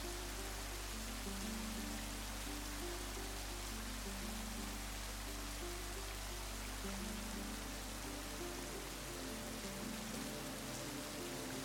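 Steady rain falls in a dense, even hiss across the whole clip, with no pauses or breaks. Beneath it, a soft, low melody moves slowly through sustained notes over a constant deep hum, blending gently with the rain throughout.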